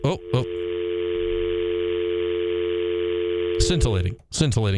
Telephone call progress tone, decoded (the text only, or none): dial tone